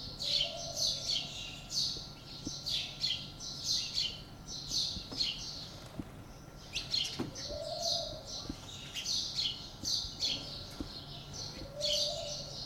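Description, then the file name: House sparrow chirps, a steady stream of short high chirps repeated rapidly throughout, with a few lower arched notes and faint clicks in the background. "Passer domesticus"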